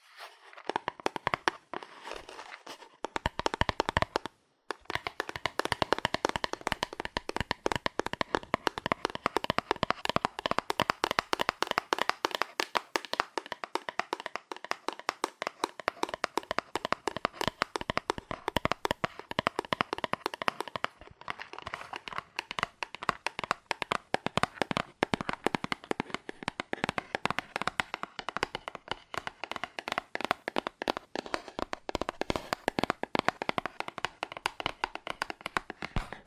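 Fast, aggressive tapping on cardboard, a dense stream of sharp, dry hits with almost no space between them. The rhythm stays busy and uneven for the whole stretch, broken only by a brief pause near the five-second mark.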